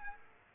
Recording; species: mosquito wingbeat signal from an infrared sensor; Aedes aegypti